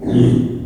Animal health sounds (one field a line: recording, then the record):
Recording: squeal of a Yucatan mini pig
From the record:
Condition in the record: after surgery on the right vocal fold (resection and tissue-engineered implant)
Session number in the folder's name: 3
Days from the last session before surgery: 33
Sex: male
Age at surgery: 12 weeks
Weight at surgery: 13 kg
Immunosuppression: cyclosporine, prednisolone